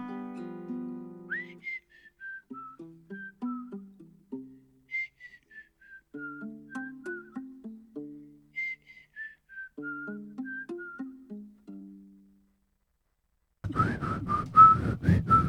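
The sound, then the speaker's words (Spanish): A clear whistled tune plays a falling melodic phrase three times over a plucked, chord-like accompaniment. A short pause follows, then a loud, noisy burst of sound. “Cómo silbaba, como la canción”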